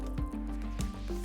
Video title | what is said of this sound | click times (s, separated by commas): SHARK Unboxing S-DRAK Carbon 2 (VO) - Sam and Alex Lowes | clip it back in just line it up with a slot just inside the helmet push one side until you hear it click and exactly | 0.8 s